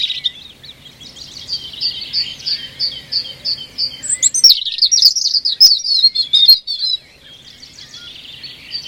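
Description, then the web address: European robin song: a run of high chirping notes, then a louder burst of tinkling, warbled notes before it goes quiet. "Deverinetal 2025"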